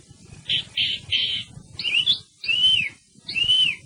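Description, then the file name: Thrush song: three short buzzy notes, then clear whistled phrases that rise and fall in arching slurs, each separated by a brief pause. "TORDO"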